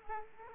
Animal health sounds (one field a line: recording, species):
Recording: mosquito wingbeat signal from an infrared sensor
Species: Aedes aegypti